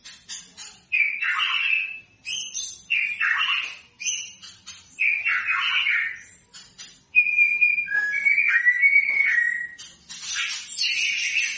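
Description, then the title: White-rumped shama song: loud, rich whistled phrases repeated in bursts, with higher thin notes and brief pauses between phrases. Lure sound meant to provoke a response from white-rumped shamas; a bird in full, vigorous song (gacor). "PANCINGAN MURAI BATU GACOR"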